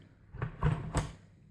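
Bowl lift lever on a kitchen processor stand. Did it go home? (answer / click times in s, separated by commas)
no / none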